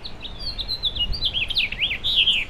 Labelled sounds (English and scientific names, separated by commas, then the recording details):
House Finch (Haemorhous mexicanus) song
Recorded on Long Island, New York, on 26 May 2012
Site OB
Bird A